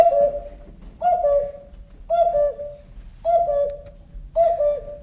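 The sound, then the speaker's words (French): A cuckoo clock in England strikes five o'clock: five evenly spaced two-note cuckoo calls, mid-pitched and clear, repeating about once a second with no other sounds around them. “Un coucou, on est en Angleterre, enfin ça ne fait rien.”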